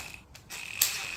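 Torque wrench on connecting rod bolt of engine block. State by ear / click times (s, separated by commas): torque reached / 0.8 s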